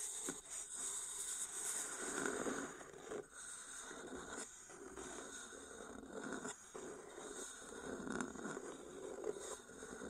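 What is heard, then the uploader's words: Steady crinkling and crumpling sounds with soft scratchy bursts and brief pauses near three, four and six seconds. 50 Ear Triggers in 50 Minutes (No Talking).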